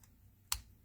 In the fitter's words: So you can kind of hear the click, and you know then it's in the right spot.